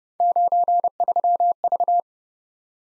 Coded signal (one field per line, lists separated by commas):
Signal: Morse code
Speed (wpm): 29 wpm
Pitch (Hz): 700 Hz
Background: none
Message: 93V